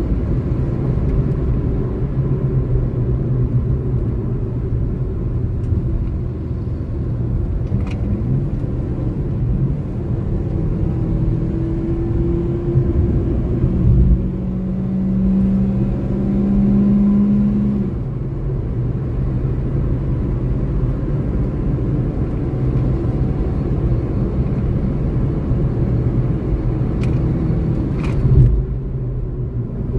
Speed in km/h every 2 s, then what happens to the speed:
111, 88, 69, 68, 73, 82, 86, 96, 103, 105, 110, 116, 119, 123, 86.
0-4 brakes to 69. 6-26 speeds up to 123. 26-30 brakes to 86.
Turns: none.